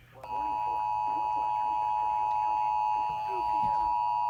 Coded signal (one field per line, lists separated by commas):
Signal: Emergency Alert System (SAME) tones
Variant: 853 and 960 Hz attention tone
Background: speech